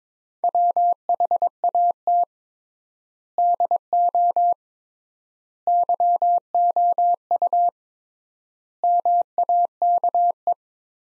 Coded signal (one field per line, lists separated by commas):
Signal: Morse code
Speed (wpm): 22 wpm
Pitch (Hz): 700 Hz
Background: none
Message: WHAT DO YOU MAKE